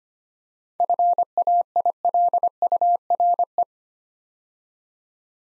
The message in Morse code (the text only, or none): FAILURE